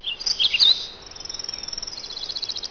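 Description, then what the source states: Bird calls: a quick burst of high, sharp chirps and short whistled notes in the first second, then only faint, thin high chirping over soft background hiss. Recorded in Hokkaido, Japan.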